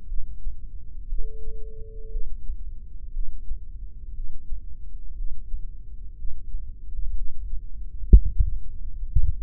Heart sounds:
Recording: heart sounds by microphone in the left ear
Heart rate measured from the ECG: 60 bpm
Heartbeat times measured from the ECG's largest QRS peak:
0.10 s: heartbeat
1.11 s: heartbeat
2.12 s: heartbeat
3.14 s: heartbeat
4.15 s: heartbeat
5.17 s: heartbeat
6.18 s: heartbeat
7.16 s: heartbeat
8.13 s: heartbeat
9.10 s: heartbeat
From the record:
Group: heart failure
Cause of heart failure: idiopathic cardiomyopathy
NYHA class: 1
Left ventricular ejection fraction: 50%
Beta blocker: bisoprolol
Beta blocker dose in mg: 5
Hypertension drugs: candesartan, spironolactone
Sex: male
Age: 54 years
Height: 180 cm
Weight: 94.6 kg

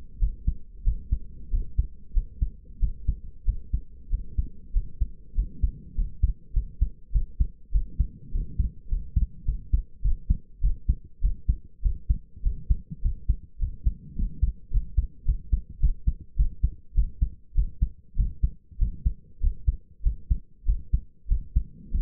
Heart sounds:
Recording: heart sounds by stethoscope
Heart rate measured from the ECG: 99 bpm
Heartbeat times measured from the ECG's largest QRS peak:
0.19 s: heartbeat
0.84 s: heartbeat
1.50 s: heartbeat
2.13 s: heartbeat
2.79 s: heartbeat
3.45 s: heartbeat
4.09 s: heartbeat
4.72 s: heartbeat
5.34 s: heartbeat
5.94 s: heartbeat
6.53 s: heartbeat
7.12 s: heartbeat
7.71 s: heartbeat
8.31 s: heartbeat
8.88 s: heartbeat
9.45 s: heartbeat
10.02 s: heartbeat
10.61 s: heartbeat
11.21 s: heartbeat
11.82 s: heartbeat
12.42 s: heartbeat
13.01 s: heartbeat
13.58 s: heartbeat
14.15 s: heartbeat
14.70 s: heartbeat
15.25 s: heartbeat
15.79 s: heartbeat
16.36 s: heartbeat
16.94 s: heartbeat
17.54 s: heartbeat
18.15 s: heartbeat
18.78 s: heartbeat
19.40 s: heartbeat
20.02 s: heartbeat
20.65 s: heartbeat
21.27 s: heartbeat
21.90 s: heartbeat
From the record:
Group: healthy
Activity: rest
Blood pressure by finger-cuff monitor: 102/60 mmHg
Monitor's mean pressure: 72 mmHg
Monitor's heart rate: 99 bpm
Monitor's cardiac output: 7 L/min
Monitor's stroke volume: 70 mL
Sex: male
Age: 22 years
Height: 181 cm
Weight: 60 kg

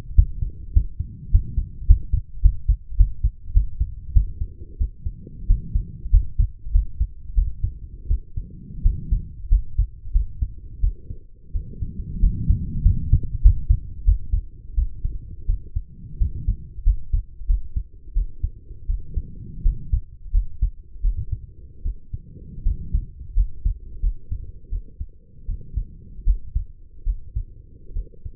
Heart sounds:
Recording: heart sounds by stethoscope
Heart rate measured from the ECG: 89 bpm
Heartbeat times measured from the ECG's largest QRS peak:
0.16 s: heartbeat
0.74 s: heartbeat
1.32 s: heartbeat
1.88 s: heartbeat
2.43 s: heartbeat
2.98 s: heartbeat
3.54 s: heartbeat
4.14 s: heartbeat
4.79 s: heartbeat
5.48 s: heartbeat
6.11 s: heartbeat
6.72 s: heartbeat
7.35 s: heartbeat
8.08 s: heartbeat
8.83 s: heartbeat
9.49 s: heartbeat
10.13 s: heartbeat
10.81 s: heartbeat
11.53 s: heartbeat
12.21 s: heartbeat
12.83 s: heartbeat
13.42 s: heartbeat
14.05 s: heartbeat
14.75 s: heartbeat
15.46 s: heartbeat
16.19 s: heartbeat
16.84 s: heartbeat
17.47 s: heartbeat
18.14 s: heartbeat
18.87 s: heartbeat
19.63 s: heartbeat
20.32 s: heartbeat
21.02 s: heartbeat
21.83 s: heartbeat
22.63 s: heartbeat
23.34 s: heartbeat
24.01 s: heartbeat
24.70 s: heartbeat
25.46 s: heartbeat
26.24 s: heartbeat
27.04 s: heartbeat
27.93 s: heartbeat
From the record:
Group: healthy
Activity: rest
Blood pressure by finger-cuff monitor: 117/69 mmHg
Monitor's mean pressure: 82 mmHg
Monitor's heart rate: 88 bpm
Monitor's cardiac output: 7.2 L/min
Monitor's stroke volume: 81 mL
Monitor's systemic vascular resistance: 810 dyn s/cm5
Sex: female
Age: 23 years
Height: 160 cm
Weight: 50.4 kg

